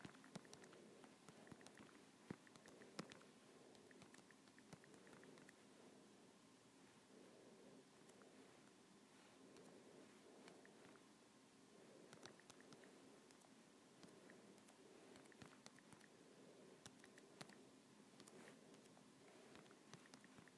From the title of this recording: iPad Screen Tapping